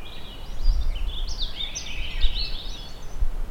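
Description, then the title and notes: Swainson's thrush song, fluty spiraling phrases over a constant rushing noise, with a few low thumps. Duo of two Swainson's thrushes singing in the montane zone at about 1400 m in Northeast Oregon, arriving a month after Hermit thrushes, when Wood Anemone flowers; upward spiraling song. "A Swainson's thrush duo (Catharus ustulatus). The Swainsons return to the montane zone ±1400 meters in Northeast Oregon a good month after the Hermit thrushes. About the same time the beautiful white Wood Anemone flowers. It's music makes a unique and surreal upward spiraling movement"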